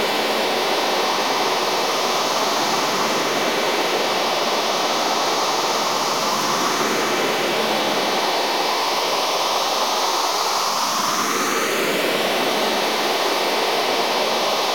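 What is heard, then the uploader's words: A drone built from radio receiver noise: a dense, unbroken hiss, bright and rushing like falling water, with almost no deep bass. Faint tones glide through it, and between about eight and twelve seconds a clear sweep curves upward. The loudness stays constant throughout. Websdr Drone Cycling Combined. Some noises made of websdr noise.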